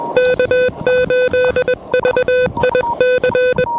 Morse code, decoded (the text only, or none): K8VIC